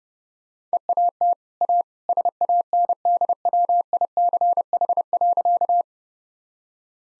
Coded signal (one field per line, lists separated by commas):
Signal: Morse code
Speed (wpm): 30 wpm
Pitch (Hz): 700 Hz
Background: none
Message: EAT A SANDWICH.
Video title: Easy Sentences with Hints - 30wpm